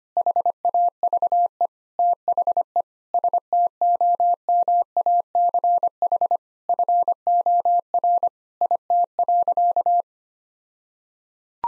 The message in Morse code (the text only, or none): HAVE THE STOMACH FOR IT.